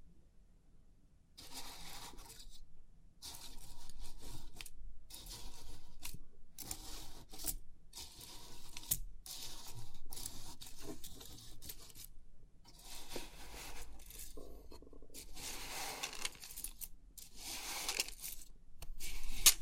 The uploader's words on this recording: Crisp 3D Pin Art Tingles(No Talking).